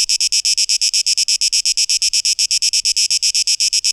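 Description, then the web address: High, scratchy cicada buzz chopped into rapid regular pulses. Cicadas, 12 August 2023. "audio rauschpartikel Audio 2023-08-12 Zikaden (Tape Echo Mix)"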